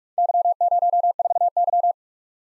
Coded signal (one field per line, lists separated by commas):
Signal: Morse code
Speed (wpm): 44 wpm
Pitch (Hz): 700 Hz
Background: none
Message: Y04Y